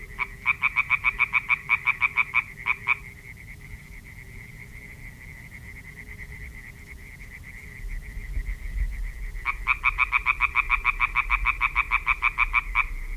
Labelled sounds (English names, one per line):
Common Tree Frog call